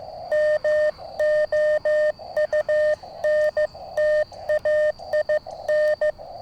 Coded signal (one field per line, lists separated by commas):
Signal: Morse code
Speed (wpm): 15 wpm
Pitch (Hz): 610 Hz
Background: none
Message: MOUNTAIN